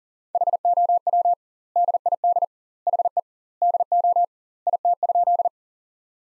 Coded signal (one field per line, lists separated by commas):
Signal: Morse code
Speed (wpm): 40 wpm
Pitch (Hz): 700 Hz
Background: none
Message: HOW DID HE DO IT?